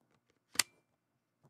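A detachable plastic handheld controller is pushed onto the side rail of a Switch 2 game console until it snaps in. A single sharp, crisp snap lands at 0.6 s, with a few faint ticks before it and a soft knock near 1.4 s. The controller is seated on the rail.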